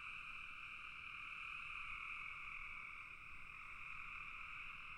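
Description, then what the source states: Massed frog calls form a continuous pulsing trill in two high bands, with a soft low rumble below. Frogs calling in a bog.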